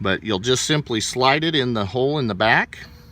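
A wire terminal is being handled at the back of a plastic connector housing on a Honda Civic A/C system while someone talks. The terminal has not yet been pushed home, and nothing has seated or clicked yet.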